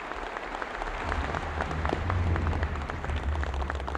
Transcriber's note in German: Applaus; Stühle scharren auf dem Boden